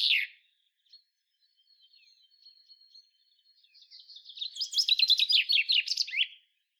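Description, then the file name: Common chaffinch song: a sharp opening note, then a thin, faint series of high notes that builds into a loud, quick trilled phrase ending with a downward flourish. "Fringilla coelebs"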